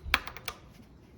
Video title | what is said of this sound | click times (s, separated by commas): Yamaha V Star 1100 - Spark Plug Change | Pulling it out, it makes kind of rubberish metal click sound as well. | 0.1 s